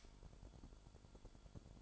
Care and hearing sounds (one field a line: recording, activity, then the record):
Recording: daily activity, microphone in the room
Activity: light off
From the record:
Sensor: 5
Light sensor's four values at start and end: 31/73/29/29 and 31/72/29/28